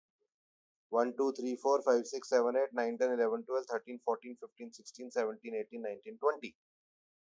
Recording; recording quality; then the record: counting at a fast pace; excellent, no background noise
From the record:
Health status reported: exposed to COVID-19, no respiratory illness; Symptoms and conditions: diabetes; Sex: male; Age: 35 years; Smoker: not ticked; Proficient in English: yes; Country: India